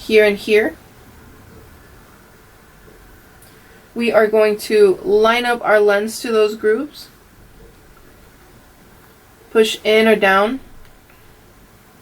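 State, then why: Not seated. A replacement lens is lined up with the inside grooves of an Oakley Split Jacket sunglass frame and pressed in, before the frame section is closed and locked. Someone talks in short bursts with quiet pauses in between, and no handling sounds stand out. Nothing has seated or clicked yet.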